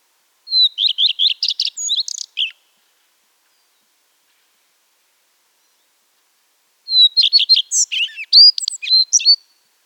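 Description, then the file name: Common redstart singing two separate phrases, each opening with a high whistle and a rapid repeated series, ending in jumbled squeaky notes; silence between them. "Phoenicurus phoenicurus song"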